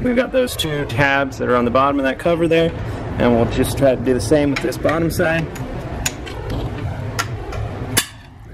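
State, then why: Not seated. Someone talks while handling the plastic cover of the front brake caliper on a 2014+ Jaguar F-Type: the top tabs have been worked loose with a screwdriver, and the bottom side of the cover is about to be pressed back on. Two short, sharp sounds stand out near 6.1 s and 6.3 s. The clip ends before the cover goes home, so nothing has seated or clicked yet.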